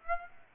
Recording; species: mosquito wingbeat signal from an infrared sensor; Aedes aegypti